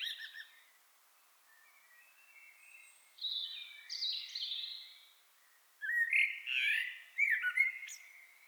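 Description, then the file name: Common blackbird: a short burst at the start, softer whistled notes, then a louder stretch of squeaky chatter. "Turdus merula"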